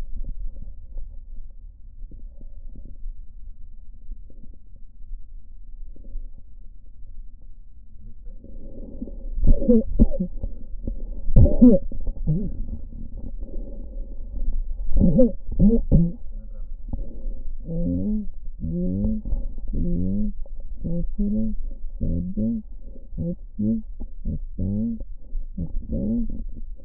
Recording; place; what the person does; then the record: lung sounds by stethoscope; right posterior basal chest; quiet breathing, then cough and speech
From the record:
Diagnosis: COPD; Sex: female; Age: 68 years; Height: 150 cm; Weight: 70 kg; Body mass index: 31.1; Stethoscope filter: diaphragm mode